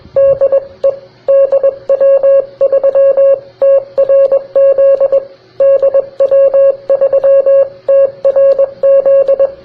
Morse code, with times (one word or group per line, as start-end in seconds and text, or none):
0.2-0.9 DE
1.3-5.2 DW3TRZ
5.6-9.5 DW3TRZ